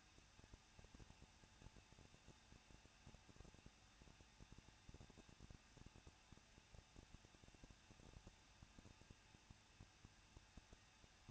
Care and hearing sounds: daily activity, microphone in the room; no activity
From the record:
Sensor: 2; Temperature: 21.0 degrees Celsius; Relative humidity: 37.3%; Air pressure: 1006.2 hPa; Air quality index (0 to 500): 221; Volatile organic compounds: 24 ppm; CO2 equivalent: 2802 ppm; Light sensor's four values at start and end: 2/3/2/2 and 2/3/2/2

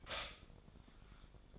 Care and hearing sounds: daily activity, microphone in the room; stop toaster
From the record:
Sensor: 5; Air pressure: 1004.3 hPa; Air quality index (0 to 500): 169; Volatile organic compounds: 4 ppm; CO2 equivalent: 1584 ppm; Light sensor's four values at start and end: 34/108/41/41 and 34/108/41/41

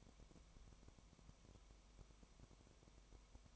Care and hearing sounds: daily activity, microphone in the room; no activity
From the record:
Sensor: 1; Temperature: 19.0 degrees Celsius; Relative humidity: 34.1%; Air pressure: 1001.3 hPa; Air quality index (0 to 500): 82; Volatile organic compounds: 1 ppm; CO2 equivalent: 817 ppm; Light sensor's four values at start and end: 1/2/1/1 and 1/2/1/1

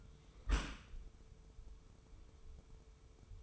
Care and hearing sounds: daily activity, microphone in the room; close dishwasher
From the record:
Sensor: 1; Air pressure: 1015.0 hPa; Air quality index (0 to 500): 25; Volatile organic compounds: 0 ppm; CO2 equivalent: 504 ppm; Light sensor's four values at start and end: 13/30/12/13 and 13/30/12/13

